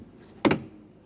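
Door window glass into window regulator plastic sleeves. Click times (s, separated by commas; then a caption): 0.5 s. On a 2011-2021 Jeep Grand Cherokee door, the window glass is guided down into the plastic sleeves of a new power window regulator. Two sharp clicks come close together at about 0.5 s, the first louder than the second, over a quiet background. The glass is seated and locked into the regulator sleeves.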